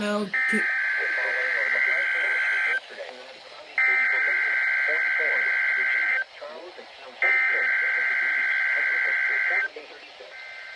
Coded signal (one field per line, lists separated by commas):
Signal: Emergency Alert System (SAME) tones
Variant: header bursts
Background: speech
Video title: KIH35 and WWF35 Required Weekly Test Thanksgiving Eve 2016 (EAS #100-101) (11/23/16)